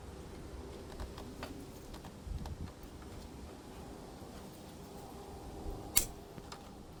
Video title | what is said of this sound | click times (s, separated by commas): 94 F250 Fuel Selector Switch Replacement | Hell yeah. Snapped right in. | 6.0 s